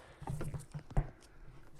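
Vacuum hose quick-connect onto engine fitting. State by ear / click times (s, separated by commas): seated / 1.0 s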